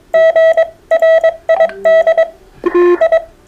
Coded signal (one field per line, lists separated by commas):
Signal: Morse code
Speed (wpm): 22 wpm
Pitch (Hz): 650 Hz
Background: none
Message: GRID I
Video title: CW Morse Code Group Chats, Sunday 25th July 2021